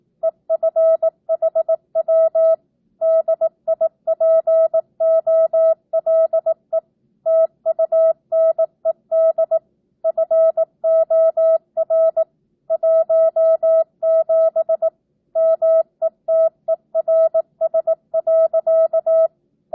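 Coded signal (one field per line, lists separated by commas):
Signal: Morse code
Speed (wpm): 18 wpm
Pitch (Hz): 650 Hz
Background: none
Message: EFHW DIPOLE TUNED FOR 17 METERS.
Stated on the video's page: Practice at 18 wpm with non-Farnsworth spacing, simulating a ham-style two-way CW QSO; the responder makes and corrects a few mistakes.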